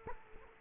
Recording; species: mosquito wingbeat signal from an infrared sensor; Culex quinquefasciatus